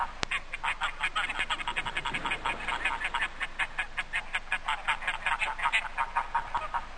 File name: Oca selvatica